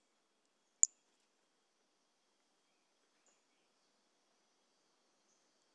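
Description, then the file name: Toadlet Brachycephalus mirissimus giving a single brief, sharp, high chirp, then a long quiet stretch with only a faint trace of another note. Recorded 18 January 2018; one individual (individual 04), later collected as a museum specimen. "Brachycephalus mirissimus 18 jan 2018 individual 04 ex 03 A E Confetti collected"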